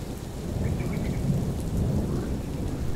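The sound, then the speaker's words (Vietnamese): Heavy rain pours steadily at night while low, rumbling thunder rolls underneath as lightning streaks across the sky, a dense and continuous storm roar with no distinct sharp crack and no voices. “Phía trên đầu ông, thi thoảng những tia sét lằng nhằng lại rạch ngang bầu trời sáng rực đánh xuống.”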